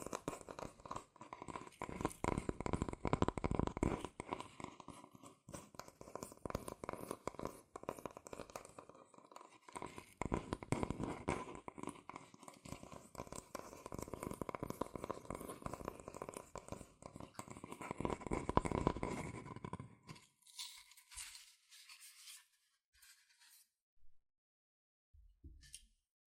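Fast, dense tapping and scratching on cardboard and paper in bursts, peaking around 3, 11 and 18 seconds, then thinning to sparse taps.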